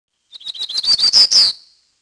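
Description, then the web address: Bird song: a quick series of high, thin notes that speed up into a buzzy, slightly rising ending, the whole song lasting just over a second. "Peterson North American Birds"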